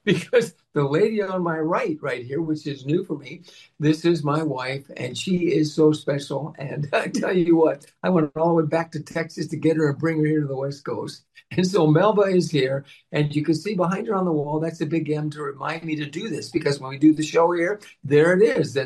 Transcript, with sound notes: because (laughs) the lady on my right right here, which is new for me, this is my wife, and she is so special. And (laughs) I tell you what, I went all the way back to Texas to get her and bring her here to the West Coast. And so, Melba is here, and you can see behind her on the wall, that's a big M to remind me to do this, because when we do the show here, there it is.